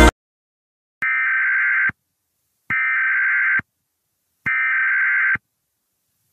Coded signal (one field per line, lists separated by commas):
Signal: Emergency Alert System (SAME) tones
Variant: header bursts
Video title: EAS Scenario #53 Flying Butts Rebirth